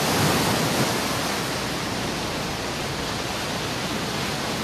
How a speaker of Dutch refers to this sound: Nou, bij dit geluid denkt u natuurlijk aan zand, zon, aan de branding. Maar zo klinkt het vanaf nu ook in Hartje Rotterdam. Daar is in de gracht naast de markthal een kunstmatige golfsurfbaan aangelegd.